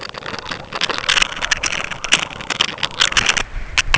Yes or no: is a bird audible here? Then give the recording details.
no. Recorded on Arctic tundra, site UTQI-5, on 12 June 2019. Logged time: 00:00